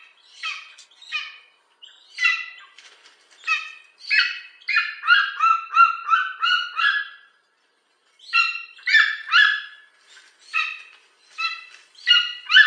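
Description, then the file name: Golden eagle giving harmonic, nasal yelping notes in irregular bursts, a dense run of repeated yelps before a brief silence, then further scattered yelps. "orzelprzedni"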